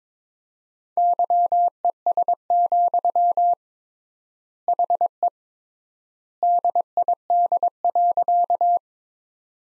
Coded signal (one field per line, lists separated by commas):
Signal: Morse code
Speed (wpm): 22 wpm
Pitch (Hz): 700 Hz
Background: none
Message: YES, HE DID.